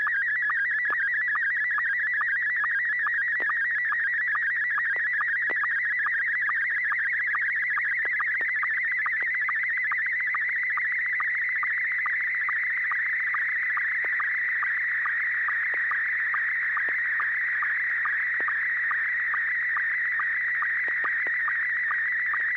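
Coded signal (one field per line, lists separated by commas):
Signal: SSTV (slow-scan television)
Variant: Scottie 1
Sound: continuous warbling tone jumping between pitches, with short low blips at a regular rhythm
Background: low hum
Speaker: I'm going to send this one Scotty one and 6 YG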